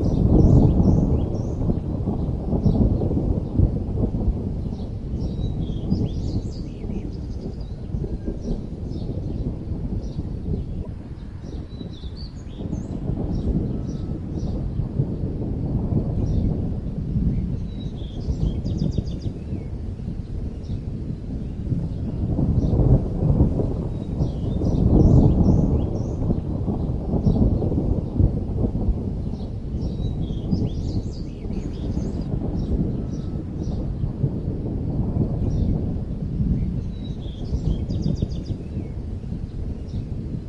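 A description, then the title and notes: Strong wind roars low and steady, surging near the start and again around 15 and 25 seconds, while small birds chirp brightly throughout. Strong wind and thunder nature sounds.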